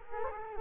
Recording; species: mosquito wingbeat signal from an infrared sensor; Culex quinquefasciatus